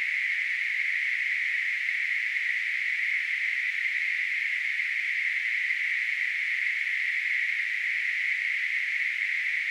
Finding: Tinnitus.